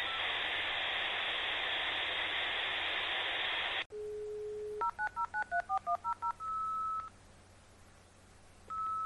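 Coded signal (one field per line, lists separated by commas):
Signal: dial-up modem handshake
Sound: four seconds of harsh wide hiss, a dial tone, about ten quick dialing beeps, then a steady tone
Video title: ASMR for Computer Geeks (Dial Up Sounds)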